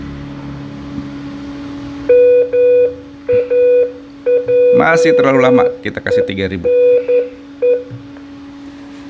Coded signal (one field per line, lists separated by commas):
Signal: Morse code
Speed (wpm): 11 wpm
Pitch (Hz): 490 Hz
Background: speech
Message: MAJENE